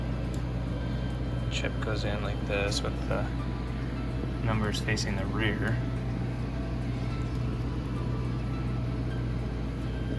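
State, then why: Not seated. A micro SD card is held and lined up at a security camera's card slot, numbers facing the rear, ready to be pushed in. Someone talks over a steady low hum. Nothing has clicked or seated yet.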